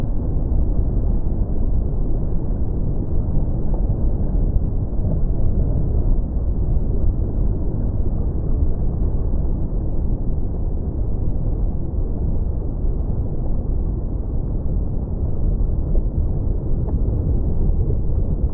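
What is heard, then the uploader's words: Heavy underwater rumbling rolls on without a break for the whole stretch, a dense, muffled roar weighted deep in the low end. Nothing bright cuts through; the sound stays dark, with only slight churning swells in loudness and no distinct events. Heavy Underwater Rumbling.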